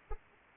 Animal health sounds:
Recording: mosquito wingbeat signal from an infrared sensor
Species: Anopheles arabiensis

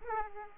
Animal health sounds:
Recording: mosquito wingbeat signal from an infrared sensor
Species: Aedes aegypti

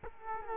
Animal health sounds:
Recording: mosquito wingbeat signal from an infrared sensor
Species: Culex quinquefasciatus

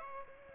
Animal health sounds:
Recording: mosquito wingbeat signal from an infrared sensor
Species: Aedes aegypti

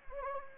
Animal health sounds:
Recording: mosquito wingbeat signal from an infrared sensor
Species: Anopheles gambiae

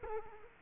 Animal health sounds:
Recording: mosquito wingbeat signal from an infrared sensor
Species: Culex quinquefasciatus

